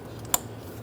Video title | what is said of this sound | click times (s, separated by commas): How to Replace Ignition Coils 2011-2014 Hyundai Sonata | install the connector push until you hear a click if you don't hear a click give it a pull make sure it's locked on | 0.3 s